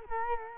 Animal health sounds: mosquito wingbeat signal from an infrared sensor; Culex quinquefasciatus

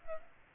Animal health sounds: mosquito wingbeat signal from an infrared sensor; Aedes aegypti

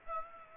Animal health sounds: mosquito wingbeat signal from an infrared sensor; Aedes aegypti

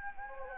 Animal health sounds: mosquito wingbeat signal from an infrared sensor; Anopheles gambiae

